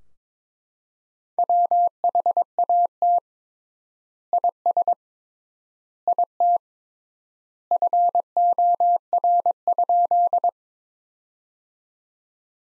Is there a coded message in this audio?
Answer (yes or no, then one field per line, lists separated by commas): yes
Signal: Morse code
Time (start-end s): 1.4-10.5 s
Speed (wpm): 22 wpm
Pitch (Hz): 700 Hz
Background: none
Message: WHAT IS IT FOR?